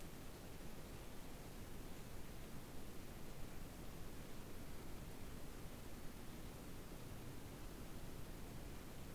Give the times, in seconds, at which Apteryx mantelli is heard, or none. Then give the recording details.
none. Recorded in New Zealand on 8 January 2015. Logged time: 04:57. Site BX23